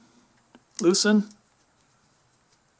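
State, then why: Not seated. A screw in a plastic boss of a tower fan housing is turned counterclockwise to find the start of the thread, while someone talks briefly. Nothing has clicked or seated yet.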